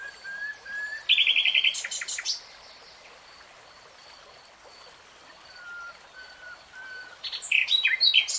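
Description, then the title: Nightingale song: low whistled notes, a rapid rattling trill, then a pause, soft fluting whistles and a final burst of sharp chattering phrases. "[Tiếng chim hót] Nightingale Singing"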